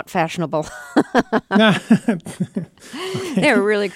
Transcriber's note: soundbite of laughter